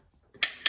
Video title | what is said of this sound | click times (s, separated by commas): Engine Building Hack Tip! How to Use Plastigage To Check Main Clearance #nonamenationals #plastigage | Hear that click? Yeah. That's the torque setting that it's at. | 0.4 s